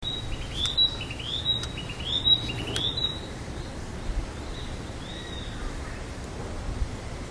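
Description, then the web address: Narcissus flycatcher song: clear, high whistled phrases with rising, looping notes, repeated several times in the first three seconds, then a few fainter phrases over a steady hiss of background noise. "udragon kibitaki"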